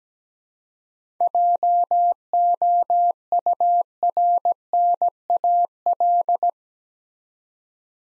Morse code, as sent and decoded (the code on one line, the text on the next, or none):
.--- --- ..- .-. -. .- .-..
JOURNAL